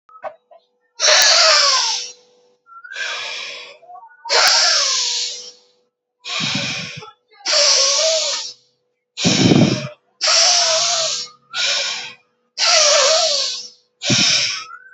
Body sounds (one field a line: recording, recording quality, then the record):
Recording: deep breathing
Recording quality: moderate, slight background noise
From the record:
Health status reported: respiratory illness, not identified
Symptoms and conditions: none ticked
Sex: male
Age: 36 years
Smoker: not ticked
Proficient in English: yes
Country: India